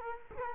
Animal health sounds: mosquito wingbeat signal from an infrared sensor; Culex quinquefasciatus

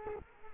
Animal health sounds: mosquito wingbeat signal from an infrared sensor; Culex quinquefasciatus

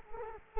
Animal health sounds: mosquito wingbeat signal from an infrared sensor; Culex quinquefasciatus

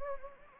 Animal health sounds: mosquito wingbeat signal from an infrared sensor; Anopheles gambiae

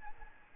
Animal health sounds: mosquito wingbeat signal from an infrared sensor; Aedes albopictus

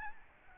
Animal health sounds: mosquito wingbeat signal from an infrared sensor; Aedes albopictus

